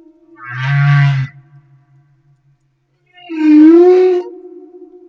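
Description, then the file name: Humpback whale singing: a deep, rough groan, a short silence, then a tonal call that slides gently upward. Humpback whales recorded off Madagascar. "Humpback Whale - Madagascar Whale One"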